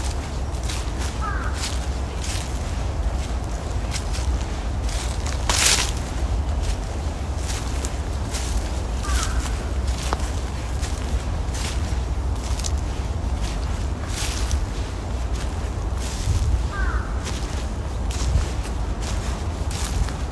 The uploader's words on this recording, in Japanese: 鳥とおちば。このチャンネルでは、公園の朝散歩で聴こえてくる自然音を無言配信しています。